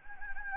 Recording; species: mosquito wingbeat signal from an infrared sensor; Anopheles gambiae